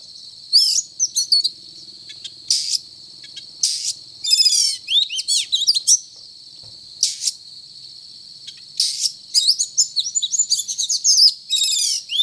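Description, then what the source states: Oriental magpie-robin giving lively song of repeated rasping bursts, rapid trills and clear whistled phrases, coming in quick bouts with brief gaps. Called kacer locally; described as gacor, actively and vigorously singing.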